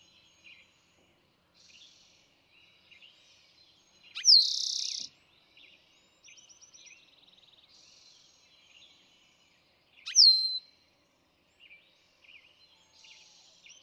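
Eastern towhee song, two phrases of a sharp note into a buzzy trill about six seconds apart, amid busy background chirps and twitters of other birds.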